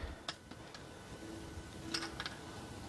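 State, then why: Not seated. Plastic action figure body parts are handled and pushed toward their locked vehicle-mode positions during a transformation. Several small, sharp plastic ticks and taps are heard, around 0.3, 0.8, 2.0 and 2.2 seconds, over a faint steady hum. Nothing has seated or clicked into place yet.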